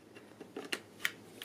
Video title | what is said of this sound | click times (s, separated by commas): Dyson V8 Animal Cordless Stick Vacuum Cleaner Product Review Video - Floppycats | you can hear the click | 0.7 s, 1.1 s